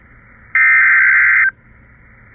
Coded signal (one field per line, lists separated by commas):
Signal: Emergency Alert System (SAME) tones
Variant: header bursts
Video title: Not so slight EAS alerts from December 17 and 18. (EAS# 608 618)